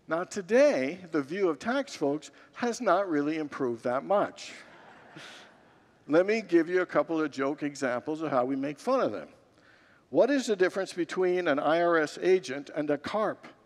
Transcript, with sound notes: Now today, the view of tax folks has not really improved that much. [Congregants laugh] Let me give you a couple of joke examples of how we make fun of them. What is the difference between an IRS agent and a carp?